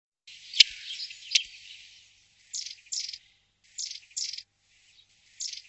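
Bird calls: harsh, raspy, high bursts, often paired, given at irregular intervals, with a fainter hiss of background noise early on.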